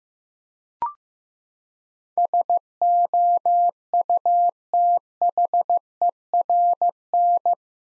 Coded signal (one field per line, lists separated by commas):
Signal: Morse code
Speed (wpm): 15 wpm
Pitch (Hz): 700 Hz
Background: none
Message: SOUTHERN